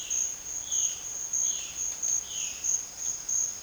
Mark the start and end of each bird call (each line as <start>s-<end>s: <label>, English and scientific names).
0.00s-2.74s: Violaceous Jay (Cyanocorax violaceus)